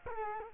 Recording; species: mosquito wingbeat signal from an infrared sensor; Culex quinquefasciatus